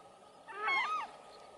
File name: canto da anhuma poca